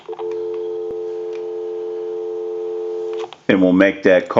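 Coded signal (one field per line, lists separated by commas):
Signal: telephone call progress tone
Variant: North America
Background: speech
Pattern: dial tone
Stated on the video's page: Heard on a candlestick telephone with North Electric rotary dial during initial checkout after repair and conversion.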